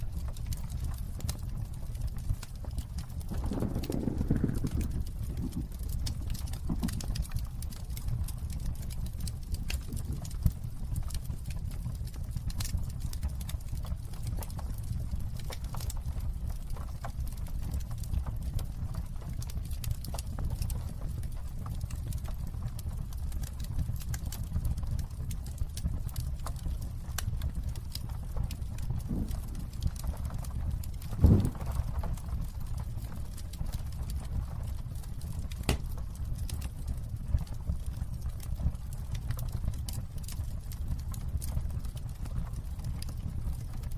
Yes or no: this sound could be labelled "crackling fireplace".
yes